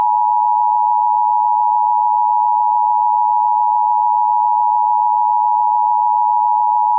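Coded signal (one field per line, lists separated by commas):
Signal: Emergency Alert System (SAME) tones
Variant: 853 and 960 Hz attention tone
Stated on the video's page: Fictional EAS scenario with SAME tones.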